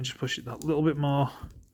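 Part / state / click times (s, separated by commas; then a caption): rotating plastic toy part into its locked position on the toy's body / not seated / none. Someone talks while handling a plastic transforming robot toy, rotating a part toward its locked position on the toy's body. The part has not seated or clicked yet; only a faint tick is heard near 1.7 s as the speech fades.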